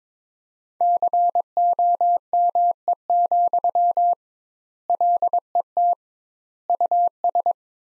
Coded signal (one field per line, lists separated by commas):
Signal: Morse code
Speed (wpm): 22 wpm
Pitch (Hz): 700 Hz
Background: none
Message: COME, LET US